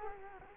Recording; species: mosquito wingbeat signal from an infrared sensor; Culex quinquefasciatus